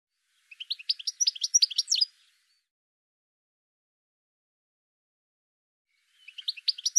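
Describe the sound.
Bird giving rapid high twittering chirps in a burst of about a second and a half, silence, then another chirping burst starting near the end; no other sounds.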